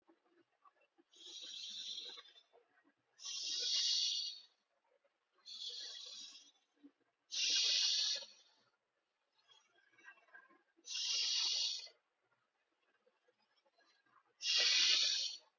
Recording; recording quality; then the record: deep breathing; excellent, no background noise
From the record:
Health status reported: healthy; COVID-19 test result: not tested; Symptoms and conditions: cold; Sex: male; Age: 38 years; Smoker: not ticked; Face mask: not worn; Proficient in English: yes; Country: India